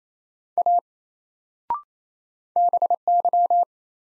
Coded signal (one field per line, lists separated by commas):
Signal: Morse code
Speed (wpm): 28 wpm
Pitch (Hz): 700 Hz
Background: none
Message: A BY